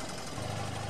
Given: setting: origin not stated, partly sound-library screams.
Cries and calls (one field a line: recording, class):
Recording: one-second piece from a danger detection set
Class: normal situation